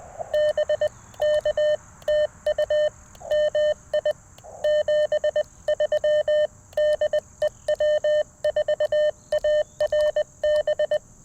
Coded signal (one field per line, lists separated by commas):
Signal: Morse code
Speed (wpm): 20 wpm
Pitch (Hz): 600 Hz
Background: none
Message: BK TU MI 73 DE W4ARB